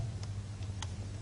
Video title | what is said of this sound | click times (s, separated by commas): Comment Assembler son PC réalisé Micro Hebdo - Vidéo Dailymotion.flv | une fois que le levier a été bien pressé il vient se clipser dans un autre ergo et là le ventilade est fixer solidement sur | 0.8 s